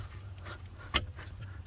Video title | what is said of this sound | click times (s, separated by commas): 2016 Ram 1500 (Center Console) Electronic Trailer Brake Install | snap in place | 1.0 s